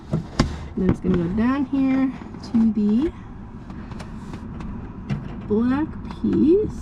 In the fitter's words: until you feel it click.